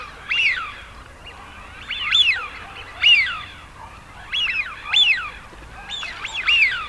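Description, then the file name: Eurasian wigeon whistles, sharp wheeoo notes repeated at irregular intervals, standing out clearly against a quiet background. Male. "sviyaz golos samca"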